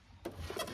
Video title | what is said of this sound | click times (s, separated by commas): Replacing the power plug on a VW Thing (181) | a turn delicately of course and it locks in place | 0.3 s